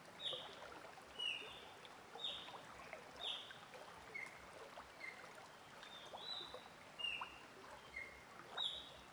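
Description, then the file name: Bird gives short whistled notes roughly once a second, shifting between higher and lower pitches, with a stream rushing steadily behind. Singing in a forest near a stream. "Passaro cantando na floresta riacho perto"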